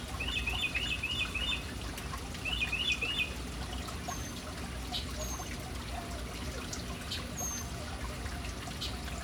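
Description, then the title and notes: Birds giving two quick bursts of bright, stuttering chirps, then a few thin, high, slurred notes, over constant trickling water. City birds hanging around an urban fountain. "Urban birds at fountain. Relaxing sounds of City Birds hanging around fountain"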